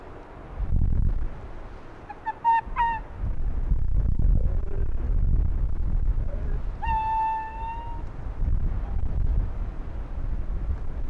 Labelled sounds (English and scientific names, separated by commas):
Arctic Fox (Vulpes lagopus)